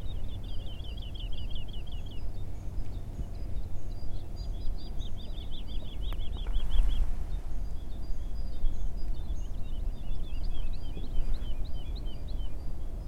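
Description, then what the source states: Woodlark singing short phrases of fluty, rapidly repeated descending notes, three bursts spread throughout, over strong low rumbling background noise. Recorded 28 February 2022.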